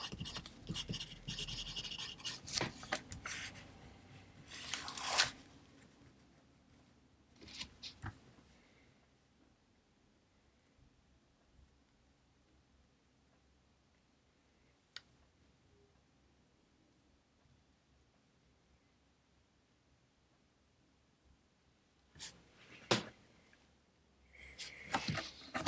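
Studying with a pencil and a computer: dense scratchy pencil writing fills the first five seconds, followed by a few sharp clicks and rubs near 8 seconds. A long quiet stretch with a faint low hum follows, then scratching and clicks return from about 22 seconds.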